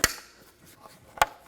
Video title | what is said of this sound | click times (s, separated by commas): How to Replace Tail Lights 2004-2009 Audi A4 Quattro | and click it in place | 0.0 s, 1.2 s